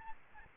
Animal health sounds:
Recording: mosquito wingbeat signal from an infrared sensor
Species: Aedes albopictus

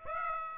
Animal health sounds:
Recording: mosquito wingbeat signal from an infrared sensor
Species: Aedes aegypti

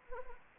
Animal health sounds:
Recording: mosquito wingbeat signal from an infrared sensor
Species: Anopheles arabiensis

